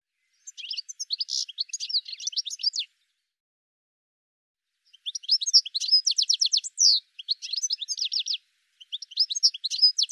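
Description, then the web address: Bird song in high, fast twittering phrases with rapid repeated notes, broken by a long silence before several more chattering bursts. "cianscape birddata"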